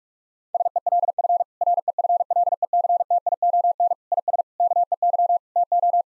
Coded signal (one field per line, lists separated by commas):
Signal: Morse code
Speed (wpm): 42 wpm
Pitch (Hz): 700 Hz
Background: none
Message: SELF REFLECTION IS KEY TO